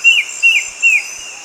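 Bird: three slurred descending whistles from a bird, evenly spaced, while insects keep up a steady high buzzing.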